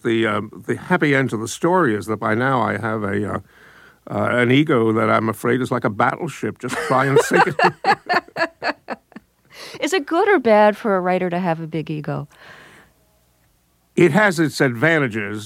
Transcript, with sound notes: But the happy end to the story is that by now I have an ego that I'm afraid is like a battleship -- just try and sink it!
(LAUGHTER) Is it good or bad for a writer to have a big ego?
It has its advantages.